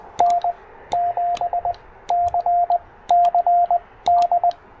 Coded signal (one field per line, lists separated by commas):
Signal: Morse code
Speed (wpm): 20 wpm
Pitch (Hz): 700 Hz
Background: radio noise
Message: N7CCD